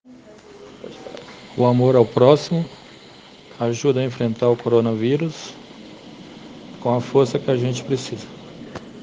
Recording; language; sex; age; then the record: spoken sentence; Brazilian Portuguese; male; 40 to 49 years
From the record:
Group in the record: respiratory insufficiency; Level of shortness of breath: 5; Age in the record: 48 years